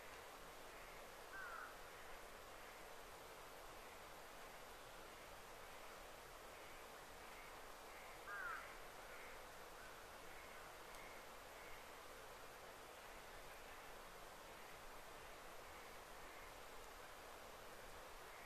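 A very quiet forest wilderness with a steady soft hiss of air, broken only by two brief faint bird chirps, early and midway.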